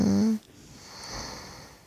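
A single short snore from a sleeping adult woman: a brief low, buzzing voiced snort that stops abruptly and is followed by a soft, breathy exhalation.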